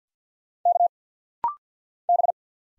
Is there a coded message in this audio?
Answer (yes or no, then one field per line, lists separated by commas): yes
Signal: Morse code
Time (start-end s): 0.7-2.3 s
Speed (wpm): 50 wpm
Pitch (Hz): 700 Hz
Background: none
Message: K B